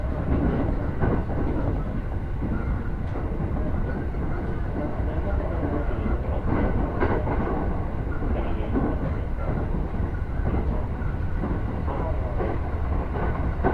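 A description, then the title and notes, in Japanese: Inside a rapid train on the Uchibo Line, a steady low rumble and rattle carries on throughout, with brief clacks and faint voices. 鉄道旅 内房線快速 千葉→木更津。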